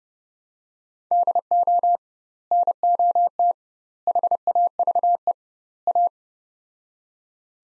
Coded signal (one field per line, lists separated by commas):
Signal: Morse code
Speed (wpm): 32 wpm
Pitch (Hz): 700 Hz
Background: none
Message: DO NOT HAVE A